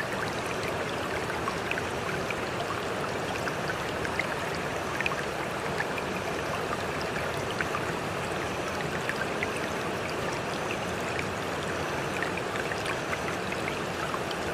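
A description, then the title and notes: Water runs in a steady, dense stream throughout, a constant close rush with faint bright trickles and splashes flickering over the top. Water Sounds.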